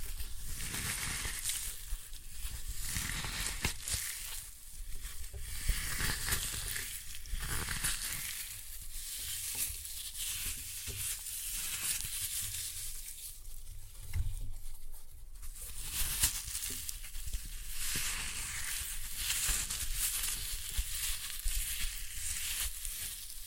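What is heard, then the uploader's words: Floral foam covered in glitter is crushed continuously, giving a dense, crackling, crumbly texture with bright hiss and a low rumble underneath. The crunching comes in uneven surges, with brief lighter gaps around 7 and 15 seconds before intensifying again. Floral Foam Glitter Bomb Crushing.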